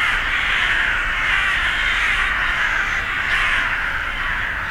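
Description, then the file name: Ravens in a continuous harsh cawing chorus, many overlapping calls merging into an unbroken rasping din throughout. Recorded on 25 December 2012 in Hütteldorf. "2012-12-25 raben huetteldorf"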